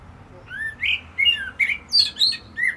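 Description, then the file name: Common blackbird song: a run of clear fluty whistled notes that slide up and down, followed by higher squeaky notes. "Turdus merula"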